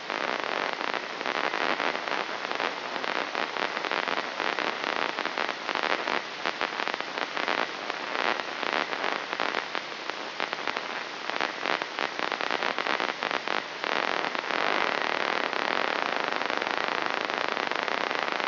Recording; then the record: brain microelectrode recording played as sound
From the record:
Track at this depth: inside the subthalamic nucleus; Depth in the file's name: 2.51 mm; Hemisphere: left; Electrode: 3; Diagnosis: Parkinson's disease